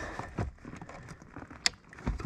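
A plastic remote starter wiring harness connector is pushed into its mating wiring plug in a 2015 Toyota Corolla. After some low handling and rustling noise, a sharp click at 1.6 s marks the connector locking home, and it is confirmed seated.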